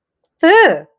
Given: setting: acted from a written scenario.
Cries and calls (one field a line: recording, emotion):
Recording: vocal sound without words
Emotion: negative surprise